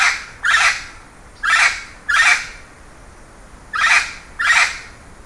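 Bird giving several loud, grating calls spaced about half a second to a second apart, with a longer gap midway.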